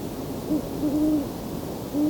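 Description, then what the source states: Great Horned Owl giving a few deep, low hoots, one longer and drawn out, over a quiet hissing background. Two owls calling, recorded in person in October around dusk.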